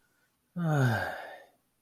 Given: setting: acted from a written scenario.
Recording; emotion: vocal sound without words; sympathy